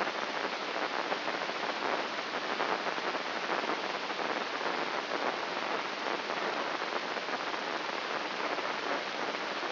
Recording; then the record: brain microelectrode recording played as sound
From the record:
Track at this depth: inside the subthalamic nucleus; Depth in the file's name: 4.63 mm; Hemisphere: left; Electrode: 3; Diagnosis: Parkinson's disease